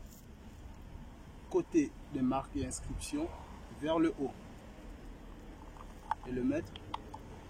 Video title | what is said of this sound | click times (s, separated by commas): Vidange moteur d'une Opel Meriva (Partie ll) | on compte un petit clic clac et | 6.9 s, 7.1 s